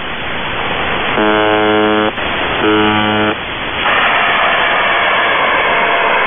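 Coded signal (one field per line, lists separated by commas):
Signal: channel marker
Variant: UVB-76 (The Buzzer)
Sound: two short harsh low buzzes, each about a second, over steady radio hiss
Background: radio static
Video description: "The Buzzer" is a Russian military radiostation that broadcasts on 4625 kHz.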